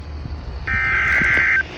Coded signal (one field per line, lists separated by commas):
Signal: Emergency Alert System (SAME) tones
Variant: header bursts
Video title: Tornado Warning (EAS 1716)